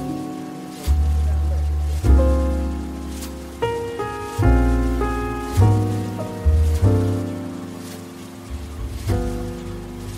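Gentle coffee shop music plays, soft chords and bass notes changing every second or so over a steady, rain-like hiss of ocean waves.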